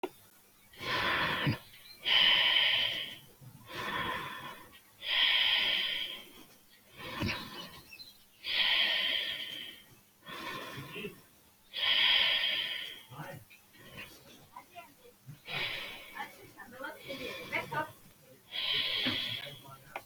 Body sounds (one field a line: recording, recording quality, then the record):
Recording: deep breathing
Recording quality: excellent, no background noise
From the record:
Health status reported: healthy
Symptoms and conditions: none ticked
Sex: male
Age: 29 years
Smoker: not ticked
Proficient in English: yes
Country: India